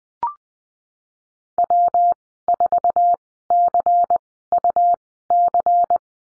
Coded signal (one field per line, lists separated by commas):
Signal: Morse code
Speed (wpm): 19 wpm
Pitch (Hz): 700 Hz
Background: none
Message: W4CUC